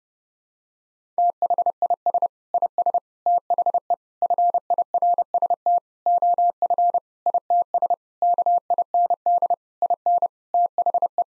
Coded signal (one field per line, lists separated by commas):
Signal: Morse code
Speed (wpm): 30 wpm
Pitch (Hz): 700 Hz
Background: none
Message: THIS IS THE FIRST OF ITS KIND IN THE